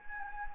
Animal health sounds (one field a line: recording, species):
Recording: mosquito wingbeat signal from an infrared sensor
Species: Anopheles gambiae